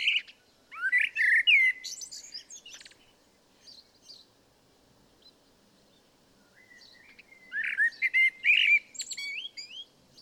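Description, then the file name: Common blackbird producing a burst of chuckling, warbled notes, a long quiet stretch, then another run of sliding, squeaky notes. "Turdus merula"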